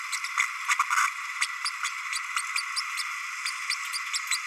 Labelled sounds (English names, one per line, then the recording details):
Green-rumped Parrotlet babbling
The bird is a male
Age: 30 days
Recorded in a nest box in Venezuela
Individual 17B32A6